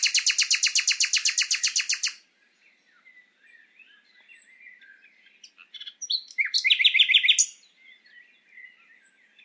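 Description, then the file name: Common nightingale song opening with a long rapid burst of harsh repeated notes, followed by soft scattered notes and a short fast trill. "Luscinia megarhynchos"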